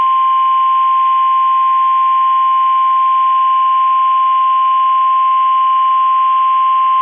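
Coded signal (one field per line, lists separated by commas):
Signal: Emergency Alert System (SAME) tones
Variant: 1050 Hz attention tone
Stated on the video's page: Severe Thunderstorm Warning SAME tones received from NOAA Weather Radio transmitter KIG86 Columbus, Ohio.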